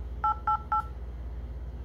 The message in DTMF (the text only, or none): 888